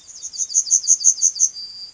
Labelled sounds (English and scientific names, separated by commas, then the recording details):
Yellowhammer (Emberiza citrinella) song
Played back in grassland
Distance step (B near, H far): C
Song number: 171